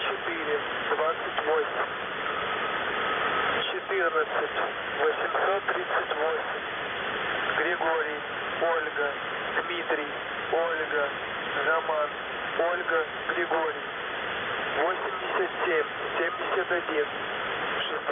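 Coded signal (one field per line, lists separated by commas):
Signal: coded military voice message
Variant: The Pip, Russian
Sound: a voice reading words and numbers through steady radio hiss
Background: radio static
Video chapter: 00:18 - ЙВБ1 14838 ГОДОРОГ 8771 6428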